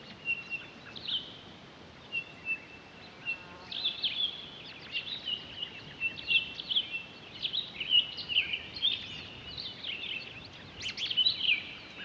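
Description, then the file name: Townsend's solitaire: single whistled notes at first, then an extended run of bright, fluty warbled phrases with sharp high accents, over light background noise. Recorded 23 October 2011. "20111023 townsends-solitaire"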